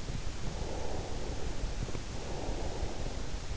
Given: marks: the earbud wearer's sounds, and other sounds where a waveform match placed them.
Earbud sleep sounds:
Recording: sounds in sleep by an in-ear microphone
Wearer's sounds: breath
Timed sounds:
0.51-3.50 s: breath

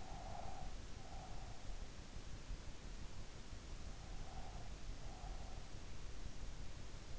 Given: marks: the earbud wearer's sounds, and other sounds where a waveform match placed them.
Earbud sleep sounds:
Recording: sounds in sleep by an in-ear microphone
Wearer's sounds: breath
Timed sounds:
0.00-1.63 s: breath
4.23-5.71 s: breath

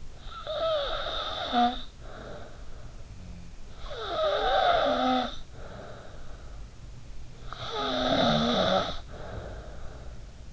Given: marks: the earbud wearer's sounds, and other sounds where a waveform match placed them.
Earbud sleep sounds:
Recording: sounds in sleep by an in-ear microphone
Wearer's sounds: snoring breath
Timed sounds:
0.00-3.13 s: snoring breath
3.59-6.62 s: snoring breath
7.08-10.53 s: snoring breath

